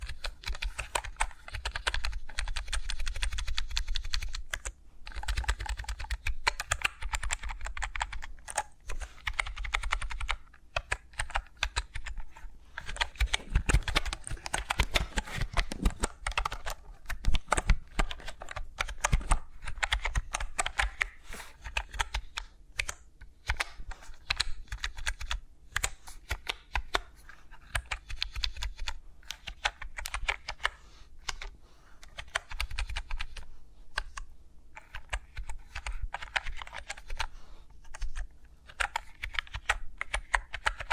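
Fingers tap and click rapidly and continuously with no talking, dense irregular keyboard-like clatter, briefly softer and sparser around fourteen seconds.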